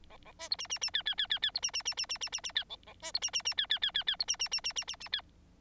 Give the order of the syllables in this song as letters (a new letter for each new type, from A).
A A B C D D D E E E E E C D D D D D D D D E A A B C D D D E E E E E C D D D D D D D E